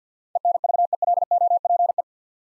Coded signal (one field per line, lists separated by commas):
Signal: Morse code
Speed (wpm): 51 wpm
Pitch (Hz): 700 Hz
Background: none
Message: ENVELOPE